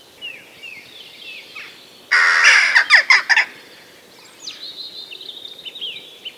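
Western jackdaw calls: faint chirping notes, then a loud burst of harsh, rapid repeated chacks lasting about a second and a half, then quieter chatter.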